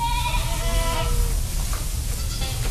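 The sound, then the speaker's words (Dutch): Several goats bleat in overlapping, wavering cries over a steady low rumble, their nasal calls rising and falling throughout without any talking, on a farm in Anversa degli Abruzzi, a small village in Abruzzo, Italy, east of Rome. “Ja, queste sono le capre, sì.”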